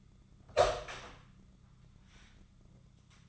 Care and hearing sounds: daily activity, microphone in the room; open door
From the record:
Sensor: 3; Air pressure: 1004.9 hPa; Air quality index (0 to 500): 74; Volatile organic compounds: 2 ppm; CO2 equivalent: 1119 ppm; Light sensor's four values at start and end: 8/20/8/8 and 8/20/8/8

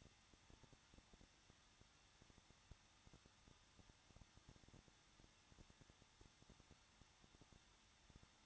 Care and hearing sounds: daily activity, microphone in the room; no activity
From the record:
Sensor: 3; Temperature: 21.2 degrees Celsius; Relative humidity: 36.4%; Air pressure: 1006.3 hPa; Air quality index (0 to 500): 223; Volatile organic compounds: 42 ppm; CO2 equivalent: 3184 ppm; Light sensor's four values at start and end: 2/3/2/2 and 2/3/2/2

